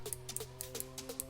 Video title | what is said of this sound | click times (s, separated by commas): How to Read Outside Micrometer & Short Block Update | you hear that it'll do that little click and it's like a ratchet thing so that you don't over tighten it and mess up your readings | 0.1 s, 0.4 s, 0.6 s, 0.8 s, 1.2 s